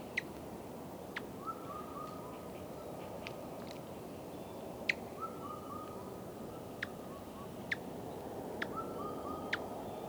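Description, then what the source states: Baillon's crake rattling song, three dry rattles spaced a few seconds apart, with occasional sharp ticking clicks over background hiss. Recorded 7 June 2022 at 03:15 at Luo Ma Hu, Beijing.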